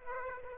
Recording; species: mosquito wingbeat signal from an infrared sensor; Aedes aegypti